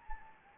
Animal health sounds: mosquito wingbeat signal from an infrared sensor; Anopheles gambiae

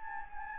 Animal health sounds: mosquito wingbeat signal from an infrared sensor; Anopheles gambiae

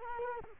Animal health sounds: mosquito wingbeat signal from an infrared sensor; Culex quinquefasciatus

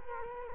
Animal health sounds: mosquito wingbeat signal from an infrared sensor; Culex quinquefasciatus

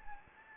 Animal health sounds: mosquito wingbeat signal from an infrared sensor; Anopheles gambiae

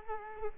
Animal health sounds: mosquito wingbeat signal from an infrared sensor; Culex quinquefasciatus

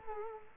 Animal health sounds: mosquito wingbeat signal from an infrared sensor; Culex quinquefasciatus

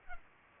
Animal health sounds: mosquito wingbeat signal from an infrared sensor; Culex pipiens

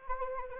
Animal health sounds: mosquito wingbeat signal from an infrared sensor; Anopheles arabiensis

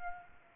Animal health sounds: mosquito wingbeat signal from an infrared sensor; Aedes aegypti

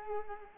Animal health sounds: mosquito wingbeat signal from an infrared sensor; Culex quinquefasciatus

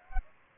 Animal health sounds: mosquito wingbeat signal from an infrared sensor; Aedes aegypti

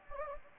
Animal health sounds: mosquito wingbeat signal from an infrared sensor; Anopheles gambiae

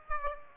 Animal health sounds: mosquito wingbeat signal from an infrared sensor; Aedes aegypti

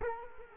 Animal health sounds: mosquito wingbeat signal from an infrared sensor; Culex quinquefasciatus

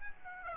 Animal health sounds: mosquito wingbeat signal from an infrared sensor; Aedes aegypti

